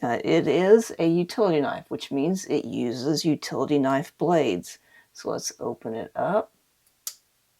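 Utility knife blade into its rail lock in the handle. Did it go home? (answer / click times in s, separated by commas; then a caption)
yes / 7.1 s. Someone talks about an OKNIFE U1 Pro folding utility knife that takes utility knife blades, then opens it. After a short quiet stretch, a sharp click at 7.1 s marks the blade's rail lock snapping into place in the handle, leaving the blade securely locked open.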